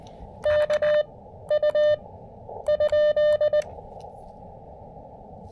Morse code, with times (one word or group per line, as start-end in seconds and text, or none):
0.5-1.0 K
1.5-1.9 U
2.7-3.6 ?